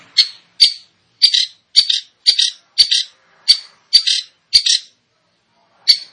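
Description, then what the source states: Long-tailed shrike giving harsh, scratchy single and double notes spaced about half a second apart, with a longer pause before the last note. Indonesian name cendet; described as gacor, actively and vigorously singing.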